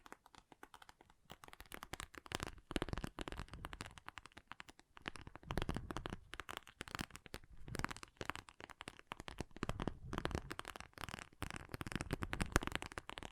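Water beads pour and rattle in dense, crackling bursts, swelling and easing every second or two, with brief quieter gaps around four and seven seconds.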